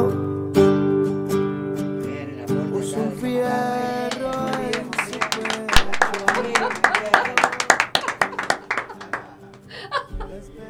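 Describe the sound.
A small group on a workers' radio program bursts into applause for a participant who read words by Eduardo Galeano, a dense, uneven patter of clapping hands that swells over several seconds, with some chuckles and voices mixed in after a sustained tonal sound at the start.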